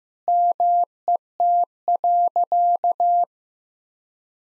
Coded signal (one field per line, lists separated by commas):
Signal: Morse code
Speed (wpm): 15 wpm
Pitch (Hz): 700 Hz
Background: none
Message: MET.